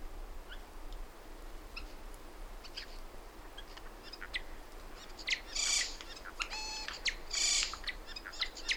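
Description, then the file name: Eurasian jay giving a few rasping screeches near the end, after a quieter stretch of faint ticking notes. "Garrulus glandarius"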